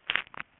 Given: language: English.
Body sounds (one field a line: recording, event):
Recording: throat vibration sensor signal played as sound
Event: swallow